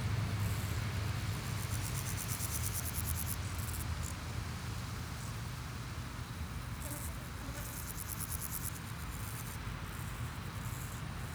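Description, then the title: Grasshoppers giving high pulsed rasping bursts of varying length separated by gaps, over a low traffic rumble. Sunny day at Pins Noirs, Chaussée de Tervueren, Auderghem, Brussels, Belgium, with car traffic; recorded with DPA 4060 microphones in AB position into a Zoom F3. "Chaussée de Tervueren, Pins Noirs, Auderghem, Bruxelles-Capitale, 1160, Belgique - Sauterelles - Grasshoppers"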